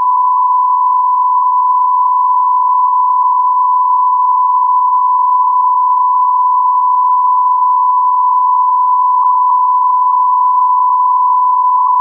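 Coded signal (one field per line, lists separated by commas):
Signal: radio time signal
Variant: Beta, RJH77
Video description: 00:05 : Unmodulated carrier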